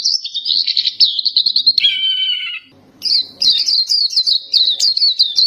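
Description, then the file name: Black-capped white-eye song: quick high twitters, then a lower, even whistled note, a short silence, and the rapid twittering starts again. "suara pleci dahi topi hitam"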